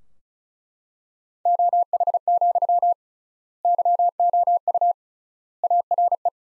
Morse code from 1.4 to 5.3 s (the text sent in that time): OH, YOU